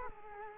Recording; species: mosquito wingbeat signal from an infrared sensor; Culex quinquefasciatus